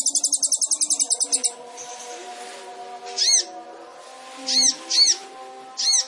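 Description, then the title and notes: Sunbird song opening with a fast high trill, followed by a few scattered arched chirps over a steady low hum. Indonesian masteran training recording of an actively singing (gacor) kolibri ninja, full of isian (song fill-ins) and tembakan (sharp burst phrases), intended as pancingan to stimulate other birds. "MASTERAN KOLIBRI NINJA TERBAIK FULL ISIAN DAN TEMBAKAN MEWAH COCOK BUAT PANCINGAN. Suara Burung Kolibri Ninja Gacor"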